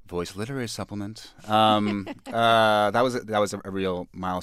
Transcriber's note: laughter